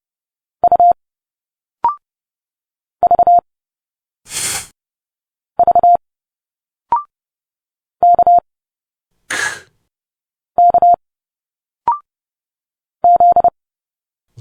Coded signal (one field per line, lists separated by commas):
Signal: Morse code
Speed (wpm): 30 wpm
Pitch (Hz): 700 Hz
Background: none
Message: U V V K K Z